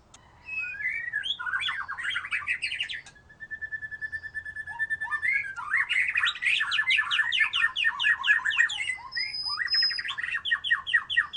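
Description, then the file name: White-rumped shama song: rapid tumbling notes, a steady held tone, then long fast streams of mixed whistles and rattles. "murai batu"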